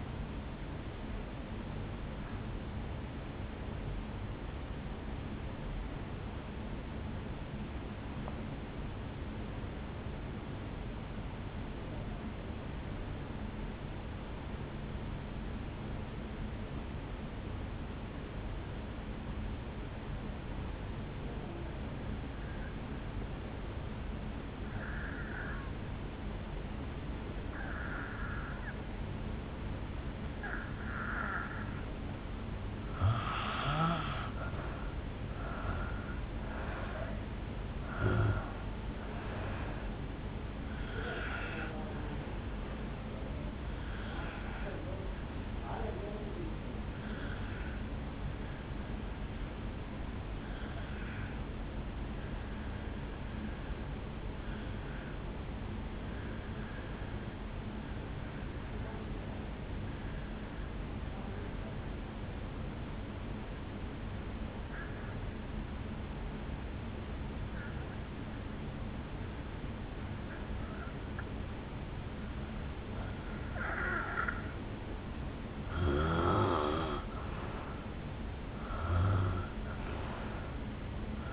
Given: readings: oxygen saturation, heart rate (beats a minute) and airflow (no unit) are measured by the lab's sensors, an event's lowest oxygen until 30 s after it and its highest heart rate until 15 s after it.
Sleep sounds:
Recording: breathing in sleep by a voice recorder at the bedside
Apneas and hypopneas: 2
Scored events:
4.00-35.60 s: obstructive apnea (N1, oxygen 98% highest, then 81% lowest, heart rate 52 at the start, 70 highest)
8.00-81.33 s: new sleep stage, N2 (light sleep)
54.00-75.50 s: obstructive apnea (N2, oxygen 96% highest, then 85% lowest, heart rate 52 at the start, 70 highest)
From the record:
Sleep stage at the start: N1 (lightest sleep)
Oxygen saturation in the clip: 81 to 98%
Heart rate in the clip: 52 to 70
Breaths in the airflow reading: 10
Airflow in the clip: -10.9 to 4.7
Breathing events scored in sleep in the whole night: 449 in 7.0 hours asleep

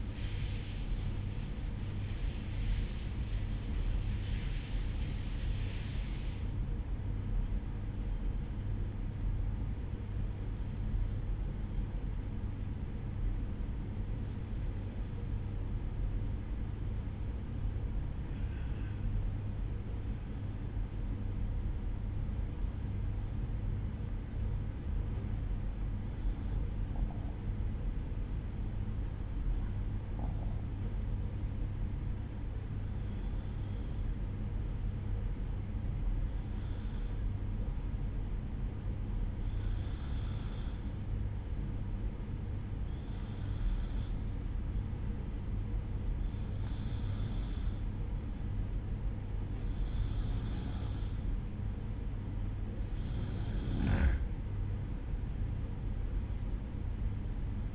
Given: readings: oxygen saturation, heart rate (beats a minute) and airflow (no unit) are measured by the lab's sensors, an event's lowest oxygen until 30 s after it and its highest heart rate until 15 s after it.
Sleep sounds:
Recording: breathing in sleep by a smartphone at the bedside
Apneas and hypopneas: 1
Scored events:
8.00-51.40 s: hypopnea (N1, oxygen 95% highest, then 92% lowest, heart rate 58 at the start, 61 highest)
18.00-48.00 s: new sleep stage, N2 (light sleep)
48.00-57.75 s: new sleep stage, N1 (lightest sleep)
From the record:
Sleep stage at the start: N1 (lightest sleep)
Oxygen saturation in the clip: 92 to 95%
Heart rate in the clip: 57 to 64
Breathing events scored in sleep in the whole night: 305 in 9.6 hours asleep

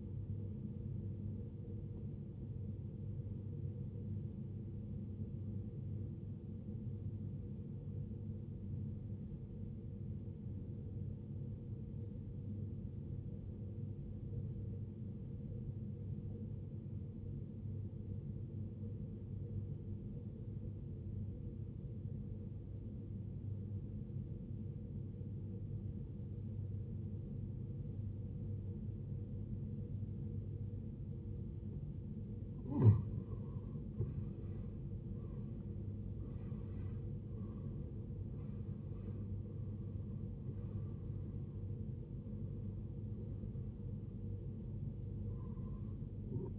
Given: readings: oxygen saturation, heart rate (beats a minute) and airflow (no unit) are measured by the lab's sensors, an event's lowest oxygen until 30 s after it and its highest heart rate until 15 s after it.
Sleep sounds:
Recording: breathing in sleep by a smartphone at the bedside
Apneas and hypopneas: 1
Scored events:
6.00-35.10 s: obstructive apnea (N1, oxygen 95% highest, then 82% lowest, heart rate 62 at the start, 78 highest)
From the record:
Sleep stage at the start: N1 (lightest sleep)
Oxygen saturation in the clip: 80 to 95%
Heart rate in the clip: 52 to 78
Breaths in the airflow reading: 5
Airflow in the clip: -15.4 to 15.1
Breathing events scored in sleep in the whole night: 389 in 6.3 hours asleep

